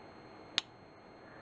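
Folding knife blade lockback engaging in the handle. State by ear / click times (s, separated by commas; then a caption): seated / 0.6 s. The blade of an Al Mar Falcon Ultralight folding knife (full micarta scales, made in Japan) is opened and its lockback engages in the handle with a single sharp snap at 0.6 s, against a quiet background. The lock snaps firmly into place and holds the blade securely open.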